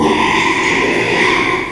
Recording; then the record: squeal of a Yucatan mini pig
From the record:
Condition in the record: after surgery on the right vocal fold (resection and tissue-engineered implant); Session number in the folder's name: 1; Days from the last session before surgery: 6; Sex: male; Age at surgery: 12 weeks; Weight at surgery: 13 kg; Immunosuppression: cyclosporine, prednisolone